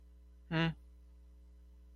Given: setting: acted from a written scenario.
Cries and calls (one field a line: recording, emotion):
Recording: vocal sound without words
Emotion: neutral